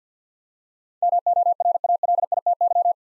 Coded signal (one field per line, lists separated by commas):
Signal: Morse code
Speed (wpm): 50 wpm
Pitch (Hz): 700 Hz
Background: none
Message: MORALITY